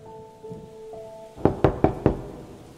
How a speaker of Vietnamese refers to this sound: Bên ngoài bỗng vang lên tiếng gõ cửa.